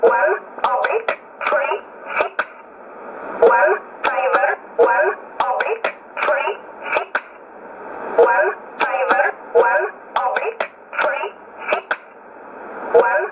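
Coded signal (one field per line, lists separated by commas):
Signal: numbers station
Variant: E11 Oblique, English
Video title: 14 04 2020 E11 Oblique Numbers station in English 0846 on 12202 unknown tx site in USB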